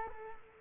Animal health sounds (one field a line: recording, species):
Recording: mosquito wingbeat signal from an infrared sensor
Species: Culex quinquefasciatus